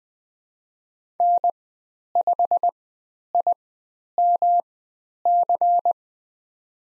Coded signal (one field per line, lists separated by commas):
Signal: Morse code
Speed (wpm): 20 wpm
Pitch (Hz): 700 Hz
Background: none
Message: N5IMC